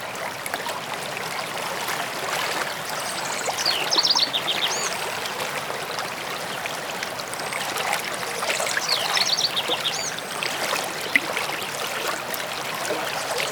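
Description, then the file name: Bird singing two brief rapid trills of high chirping notes, roughly five seconds apart, nearly drowned by continuous rushing stream noise. "The Sounds of Nature - Birds near stream Zvuki prirody (Dydki net)"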